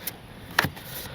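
The plastic battery hatch latch on the fuselage of an FMS 1400 mm Pitts V2 foam RC biplane is pushed all the way up and shut. After a faint tick near 0.1 s, a sharp, bright click lands at 0.6 s with a short low thump behind it, as the latch seats. The click is less distinct when a battery is in the tray.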